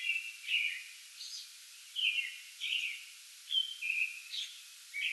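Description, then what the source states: American robin song: slurred whistled phrases given one after another against steady background hiss. Pre-dawn song bout recorded 8 May 2022.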